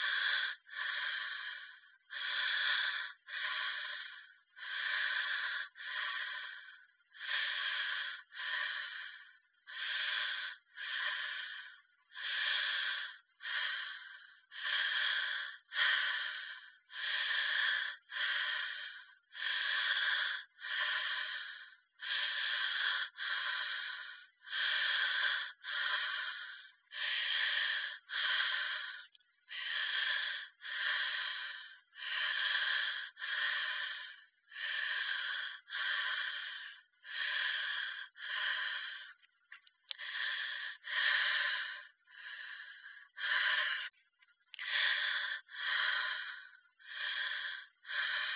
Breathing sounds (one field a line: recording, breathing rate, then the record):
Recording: paced breathing near a phone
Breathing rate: 24 breaths a minute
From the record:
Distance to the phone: 40 cm